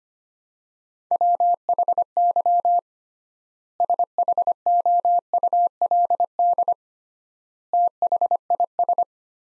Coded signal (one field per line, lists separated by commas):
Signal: Morse code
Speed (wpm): 25 wpm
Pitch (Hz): 700 Hz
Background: none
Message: WHY SHOULD THIS